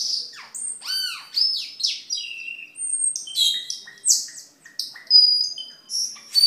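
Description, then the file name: Camperling song opening with arched, rising-falling whistles, then moving into high thin notes and buzzy chips. "camperling omkicau"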